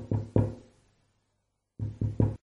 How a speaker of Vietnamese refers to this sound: Ông đã đọc như thế được nửa cột báo, thì có tiếng gõ nhút nhát lên cửa kính.